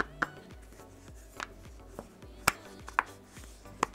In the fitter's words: pretty simple to just snap right into place